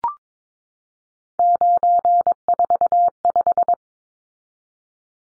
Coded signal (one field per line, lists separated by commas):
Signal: Morse code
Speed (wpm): 22 wpm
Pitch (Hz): 700 Hz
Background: none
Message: 945